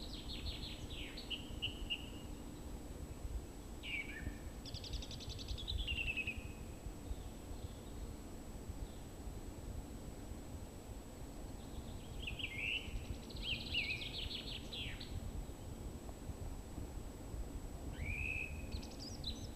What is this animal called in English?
Song Thrush